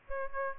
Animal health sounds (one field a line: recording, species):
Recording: mosquito wingbeat signal from an infrared sensor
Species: Aedes aegypti